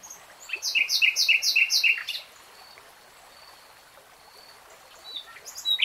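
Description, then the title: Nightingale song with a rapid series of about five emphatic, throbbing notes, then a quiet gap before another phrase starts. Singing in real time. "[Tiếng chim hót] 3 Hours REALTIME Nightingale Singing"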